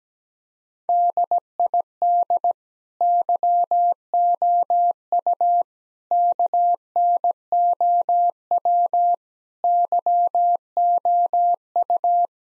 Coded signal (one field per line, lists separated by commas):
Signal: Morse code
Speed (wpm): 17 wpm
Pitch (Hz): 700 Hz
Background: none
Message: DID YOU KNOW YOU